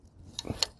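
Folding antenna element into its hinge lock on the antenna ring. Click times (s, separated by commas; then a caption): 0.4 s, 0.6 s. A folding antenna element on a portable satellite antenna ring is flipped up and pops out into its hinge lock. Sharp metallic clicks sound at 0.4 s and 0.6 s as it latches in its open position, and the element is locked into place.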